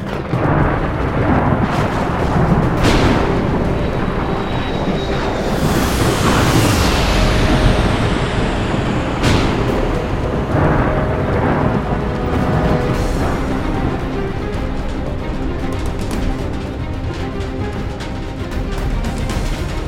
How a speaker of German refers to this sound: Regenstürme peitschten mit Höchstgeschwindigkeiten von mehr als 100 Stundenkilometern über das Land.